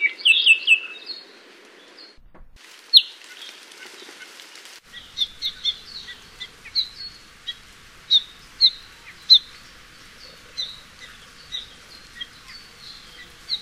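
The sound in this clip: Apapane song opening with a bright slurred phrase, followed by a brief noisy burst, then scattered sharp chips and short whistles continuing at irregular intervals.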